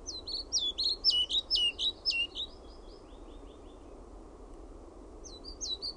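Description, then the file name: European pied flycatcher song, a bright run of high see-sawing notes ending in a few softer notes, then a pause and the start of another phrase. "KIRJOSIEPPO"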